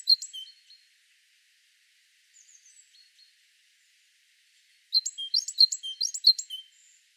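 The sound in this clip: Great tit with a few scattered soft notes, then a short lively burst of repeated high-and-low two-note phrases near the end.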